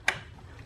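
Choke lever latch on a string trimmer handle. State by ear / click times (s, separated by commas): released / 0.1 s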